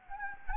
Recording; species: mosquito wingbeat signal from an infrared sensor; Anopheles gambiae